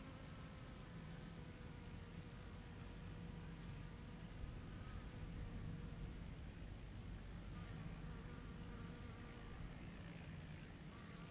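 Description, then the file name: Fly giving a thin, wavering buzz that comes and goes, set against continuous low wind noise and a steady mechanical hum. Garden at midday, with wind in the trees and a lawnmower running. "Ventando nas arvores jardim ao meio dia com mosca e cortador de grama"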